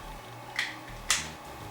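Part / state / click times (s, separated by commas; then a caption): plastic makeup pod into airbrush gun / seated / 1.1 s. A plastic foundation pod is fitted into a handheld airbrush gun of a Temptu Airpod system. A softer contact at 0.6 s is followed by a louder, sharper snap at 1.1 s as the pod clicks into place and is seated.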